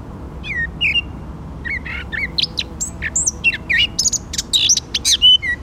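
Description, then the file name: Eurasian blackcap singing a quick jumble of chattering notes that grows louder toward the end, over faint background hiss. "Sylvia atricapilla"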